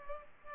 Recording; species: mosquito wingbeat signal from an infrared sensor; Culex pipiens